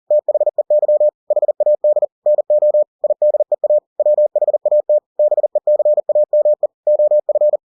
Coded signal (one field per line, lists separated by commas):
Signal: Morse code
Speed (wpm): 40 wpm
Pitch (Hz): 600 Hz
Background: none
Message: THEY HAD NO IDEA WHAT BECAME OF